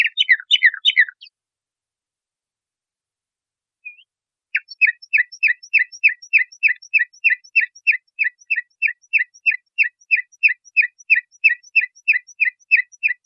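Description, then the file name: Nightingale song: a burst of rapid, varied chirping notes, a pause, then a long run of short, sharp notes repeated about three times a second. Masteran recording used for training caged birds. "suara masteran nightingale"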